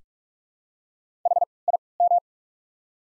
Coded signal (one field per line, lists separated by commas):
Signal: Morse code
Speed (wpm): 46 wpm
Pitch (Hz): 700 Hz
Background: none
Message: H I M